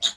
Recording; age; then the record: pig call; piglet (1 to 25 days)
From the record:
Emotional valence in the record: negative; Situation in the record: castration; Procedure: castration, fixation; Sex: male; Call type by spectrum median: high-frequency call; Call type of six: low-frequency tonal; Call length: 0.17 s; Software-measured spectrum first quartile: 3614 Hz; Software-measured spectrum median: 3965 Hz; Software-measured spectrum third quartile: 6093 Hz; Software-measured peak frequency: 3671 Hz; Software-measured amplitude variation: 244 dB a second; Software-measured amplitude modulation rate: 3.0 a second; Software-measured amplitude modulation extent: 82.4 dB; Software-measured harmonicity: 5.4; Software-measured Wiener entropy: -2.04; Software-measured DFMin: 899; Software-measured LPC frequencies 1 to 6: 903, 1710, 3409, 3756, 6447, 6942 Hz